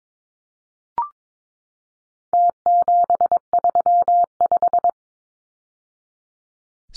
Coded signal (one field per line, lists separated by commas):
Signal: Morse code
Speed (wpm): 22 wpm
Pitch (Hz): 700 Hz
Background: none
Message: T735